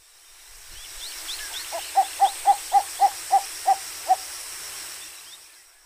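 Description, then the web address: Cinnamon bittern calling: a run of eight short, hollow notes, over a steady broad hiss. Recorded 3 June 2021 at Yanagawa, Ishigaki. "koe ryoshigoi 210603 ishigaki yanagawa"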